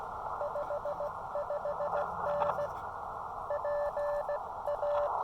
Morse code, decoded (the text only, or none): 55N PA